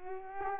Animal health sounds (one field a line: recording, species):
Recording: mosquito wingbeat signal from an infrared sensor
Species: Culex pipiens